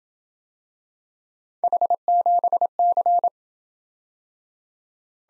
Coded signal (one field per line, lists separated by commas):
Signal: Morse code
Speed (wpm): 27 wpm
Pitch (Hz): 700 Hz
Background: none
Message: H7C